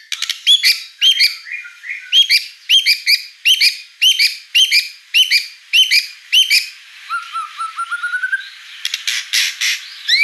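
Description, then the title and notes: White-rumped shama song of sharp notes repeated in a steady series, a soft rising whistled run, then harsh chips. Lure song of a lively singing white-rumped shama with a rich, varied repertoire. "Pancingan Gacor Murai Batu Bongkar Isian Mewah. Audio Murai Batu Dongfeng"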